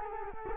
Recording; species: mosquito wingbeat signal from an infrared sensor; Culex quinquefasciatus